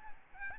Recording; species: mosquito wingbeat signal from an infrared sensor; Aedes albopictus